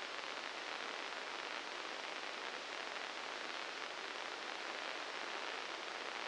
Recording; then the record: brain microelectrode recording played as sound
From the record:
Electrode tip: inside the subthalamic nucleus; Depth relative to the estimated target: -2 mm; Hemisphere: left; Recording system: NeuroSet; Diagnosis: Parkinson's disease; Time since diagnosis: 19 years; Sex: female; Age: 69 years